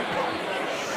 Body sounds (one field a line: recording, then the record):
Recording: coughing mixed with background sound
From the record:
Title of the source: Heavy cold and sore throat coughing.